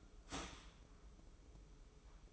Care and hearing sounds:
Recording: daily activity, microphone in the room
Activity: start toaster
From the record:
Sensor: 1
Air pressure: 995.3 hPa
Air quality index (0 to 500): 25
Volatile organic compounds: 0 ppm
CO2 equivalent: 502 ppm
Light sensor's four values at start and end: 17/57/21/22 and 17/57/21/22

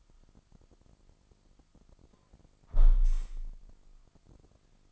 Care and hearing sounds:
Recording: daily activity, microphone in the room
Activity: close window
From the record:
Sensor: 5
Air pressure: 1004.7 hPa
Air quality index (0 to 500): 80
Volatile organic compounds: 1 ppm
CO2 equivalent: 965 ppm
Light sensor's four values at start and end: 34/79/32/31 and 34/79/32/31

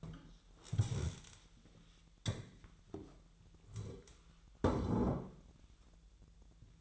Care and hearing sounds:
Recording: daily activity, microphone in the room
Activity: stand up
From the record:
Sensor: 3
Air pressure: 1001.9 hPa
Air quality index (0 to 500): 247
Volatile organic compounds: 126 ppm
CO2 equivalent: 3906 ppm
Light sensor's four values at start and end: 9/22/9/10 and 9/21/9/9

